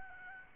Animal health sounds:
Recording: mosquito wingbeat signal from an infrared sensor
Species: Aedes albopictus

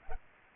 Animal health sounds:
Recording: mosquito wingbeat signal from an infrared sensor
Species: Culex pipiens

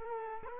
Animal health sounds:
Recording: mosquito wingbeat signal from an infrared sensor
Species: Culex quinquefasciatus

